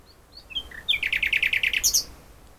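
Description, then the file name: Common nightingale song phrase: thin whistled introductory notes, then a quick run of several repeated chirps ending in higher clicks. "Luscinia megarhynchos"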